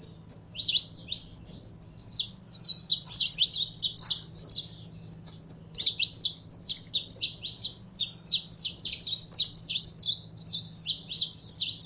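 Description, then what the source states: Belgian canary song, a fast run of high, sharp chirped notes in quick bursts with brief pauses, over a faint low hum. Song of a pure Belgian canary.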